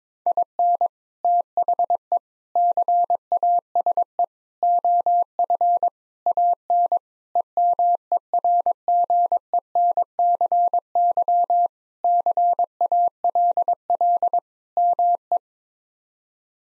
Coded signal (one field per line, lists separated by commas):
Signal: Morse code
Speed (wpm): 22 wpm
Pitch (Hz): 700 Hz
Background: none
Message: IN THE CASE OF AN EMERGENCY CALL ME